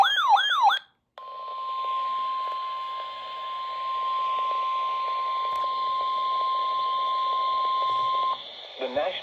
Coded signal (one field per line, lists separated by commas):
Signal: Emergency Alert System (SAME) tones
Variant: 1050 Hz attention tone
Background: speech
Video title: EAS Alerts From 5/8/24: A Compilation (EAS 108-126)